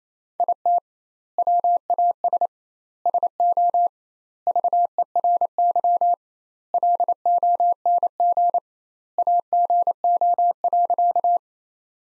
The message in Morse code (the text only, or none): IT WAS SO VERY LONG AGO.